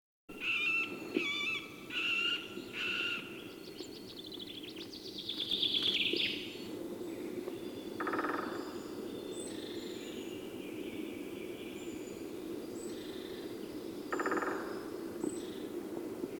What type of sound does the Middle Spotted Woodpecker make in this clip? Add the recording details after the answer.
call. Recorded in the wild. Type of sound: drumming. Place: Kuchelmiß, Mecklenburg-Vorpommern, DE. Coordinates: 53.672, 12.332. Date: 1981-03-28. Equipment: Nagra III BH, Sennheiser MD 21, parabola. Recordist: Schubert, Michael. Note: Rufe Mittelspecht, Trommeln Buntspecht